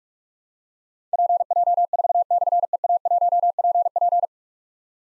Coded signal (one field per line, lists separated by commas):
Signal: Morse code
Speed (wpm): 44 wpm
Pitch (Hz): 700 Hz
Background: none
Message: PJ4/EA1PP